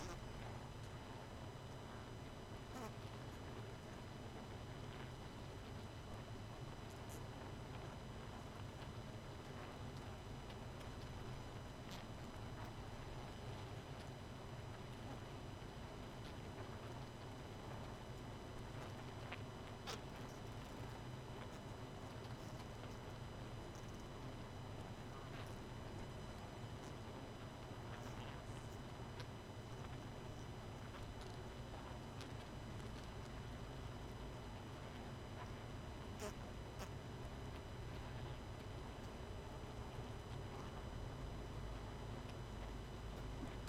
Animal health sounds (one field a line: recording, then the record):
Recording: honeybee colony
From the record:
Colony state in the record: missing queen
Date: 31 May 2018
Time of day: 23:40